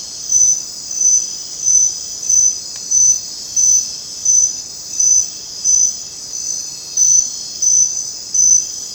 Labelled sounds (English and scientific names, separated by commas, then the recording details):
none
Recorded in dense forest near Puerto Asís, Putumayo, Colombia, on 19 June 2025 at 20:00
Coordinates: 0.484, -76.317
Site G045